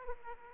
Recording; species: mosquito wingbeat signal from an infrared sensor; Aedes aegypti